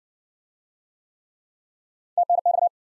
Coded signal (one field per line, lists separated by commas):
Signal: Morse code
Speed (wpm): 54 wpm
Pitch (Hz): 700 Hz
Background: none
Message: TNX